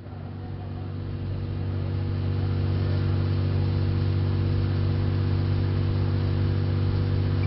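A car engine runs at a steady idle as a shiny car is being parked, a low, even rumble with a droning hum that holds constant throughout, with no voices.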